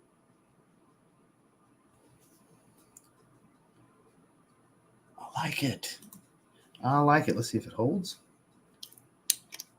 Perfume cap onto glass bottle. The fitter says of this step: doesn't click but it holds see what kind of atomizer we're dealing with here